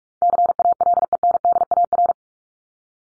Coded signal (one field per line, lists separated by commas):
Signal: Morse code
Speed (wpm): 44 wpm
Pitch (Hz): 700 Hz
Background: none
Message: CALENDAR